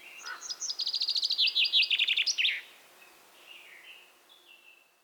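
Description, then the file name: Common chaffinch song, a fast rattling series of notes falling in pitch with a final flourish, followed by quiet whistles. "Fringilla coelebs"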